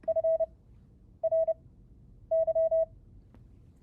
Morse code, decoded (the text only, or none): FRY